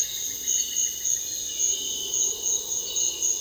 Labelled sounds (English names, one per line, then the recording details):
Streak-headed Woodcreeper
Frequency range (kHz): Streak-headed Woodcreeper 1.2-2.5 kHz
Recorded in secondary vegetation near Puerto Asís, Putumayo, Colombia, on 20 February 2024 at 06:00
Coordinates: 0.481, -76.323
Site G6376